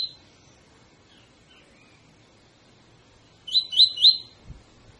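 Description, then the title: Double-collared seedeater song: a short phrase of three bright rising whistled notes after a quiet stretch with a faint chirp at the start. Tutor song used to train birds; 'tui tui fibra' song style. "COLEIRO TUI TUI FIBRA"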